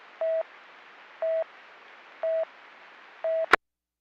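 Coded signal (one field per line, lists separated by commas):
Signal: none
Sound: radio talk-permit beeps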